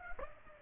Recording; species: mosquito wingbeat signal from an infrared sensor; Aedes aegypti